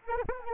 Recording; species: mosquito wingbeat signal from an infrared sensor; Anopheles arabiensis